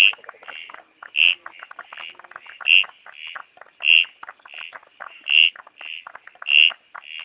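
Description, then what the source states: Dusky gungan calls: short bright notes repeated regularly, alternating with softer clicking and rasping notes. Recorded during frog monitoring at Maleny, where this frog was numerous at one site, after about 700 mm of rain in the preceding days.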